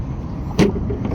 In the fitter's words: Once they align it, you just press it in until you hear that click.